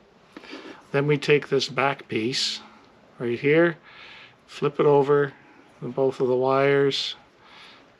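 Someone talks while handling the plastic back cover, or wire retainer, of a diesel heater's harness connector, flipping it over both wires. Nothing has seated or clicked yet; the cover is still being handled and is not snapped into place.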